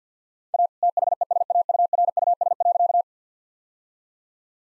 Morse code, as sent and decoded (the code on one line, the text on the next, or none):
.- / - .... . ... .- ..- .-. ..- ... .-.-.-
A THESAURUS.